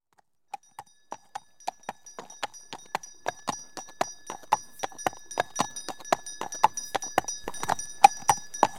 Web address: clic clac des sabots dun cheval avec une clochette